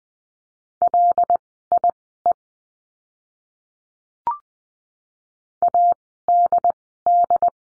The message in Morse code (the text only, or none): LIE ADD